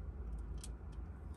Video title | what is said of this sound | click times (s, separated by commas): Lego Star Wars 75345 501st Clone Troopers Battle Pack Set | wait until you hear a click | 0.6 s